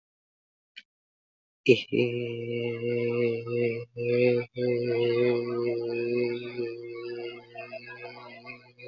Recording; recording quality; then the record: sustained vowel as in made; excellent, no background noise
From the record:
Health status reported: healthy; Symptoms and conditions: none ticked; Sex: male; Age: 28 years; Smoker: not ticked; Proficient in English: yes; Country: India